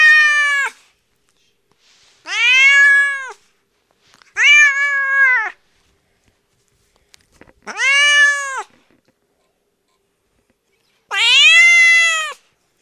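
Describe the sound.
Bobcat distress calls: five arched, whining meows, each roughly a second long, repeated every two to three and a half seconds with silence between.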